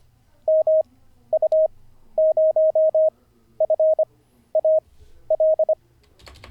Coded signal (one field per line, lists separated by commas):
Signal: Morse code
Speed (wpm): 25 wpm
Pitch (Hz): 630 Hz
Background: none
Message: MU0FAL